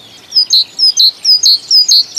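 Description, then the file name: Great tit singing a bright, repeated two-syllable phrase, high then lower, in a quick regular see-saw rhythm, with little else audible. "Bogatka"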